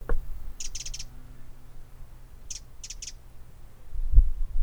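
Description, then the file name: Eurasian wren calling in quick clusters of three or four harsh ticking notes, two groups about two seconds apart, over low rumbling thuds. "Troglodytes troglodytes"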